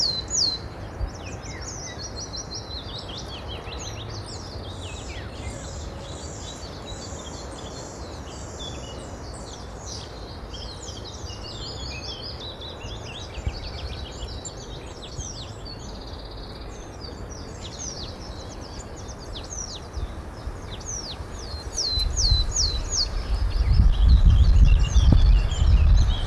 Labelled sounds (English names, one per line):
Willow Tit song